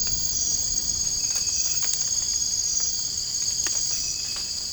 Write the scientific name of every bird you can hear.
none